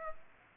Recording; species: mosquito wingbeat signal from an infrared sensor; Aedes aegypti